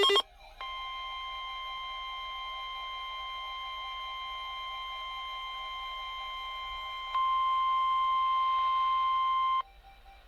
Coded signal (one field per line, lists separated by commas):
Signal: Emergency Alert System (SAME) tones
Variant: 1050 Hz attention tone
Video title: 2x EAS Required Weekly Test NOAA Weather Radio KEC65 Minneapolis/St.Paul Minnesota